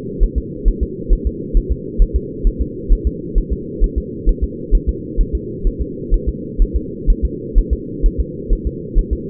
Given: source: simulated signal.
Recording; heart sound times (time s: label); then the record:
fetal heart sounds
0.23 s: S1
0.38 s: S2
0.68 s: S1
0.83 s: S2
1.13 s: S1
1.27 s: S2
1.57 s: S1
1.72 s: S2
2.02 s: S1
2.16 s: S2
2.47 s: S1
2.61 s: S2
2.93 s: S1
3.07 s: S2
3.38 s: S1
3.53 s: S2
3.84 s: S1
3.98 s: S2
4.29 s: S1
4.44 s: S2
4.75 s: S1
4.89 s: S2
5.21 s: S1
5.35 s: S2
5.67 s: S1
5.81 s: S2
6.14 s: S1
6.29 s: S2
6.62 s: S1
6.76 s: S2
7.10 s: S1
7.25 s: S2
7.58 s: S1
7.73 s: S2
8.06 s: S1
8.20 s: S2
8.53 s: S1
8.67 s: S2
8.99 s: S1
9.13 s: S2
From the record:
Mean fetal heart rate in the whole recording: 130 bpm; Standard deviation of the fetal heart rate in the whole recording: 4 bpm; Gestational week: 38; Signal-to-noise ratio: -4.1 dB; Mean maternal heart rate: no maternal heart sound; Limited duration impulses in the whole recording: absent